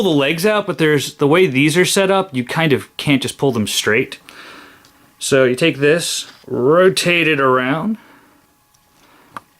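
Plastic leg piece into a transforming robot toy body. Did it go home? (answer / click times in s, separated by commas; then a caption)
yes / 9.4 s. Someone talks while rotating the plastic leg piece of a transforming robot toy around, explaining that the legs can't simply be pulled straight out. After a quieter pause, a sharp plastic snap at 9.4 s marks the leg clipping up into the toy's body, seated in place.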